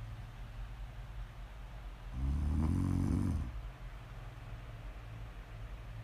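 Prime ASMR snoring from an adult sleeper: a low, rumbling snore with one loud, strong snore rising out of quieter, steady breathing noise.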